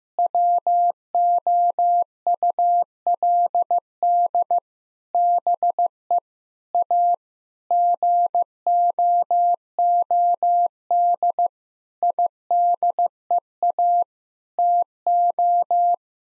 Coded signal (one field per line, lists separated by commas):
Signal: Morse code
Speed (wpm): 16 wpm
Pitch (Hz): 700 Hz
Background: none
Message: WOULD BE A GOOD IDEA TO